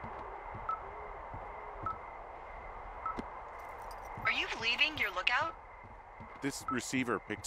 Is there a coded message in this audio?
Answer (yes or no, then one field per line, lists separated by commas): no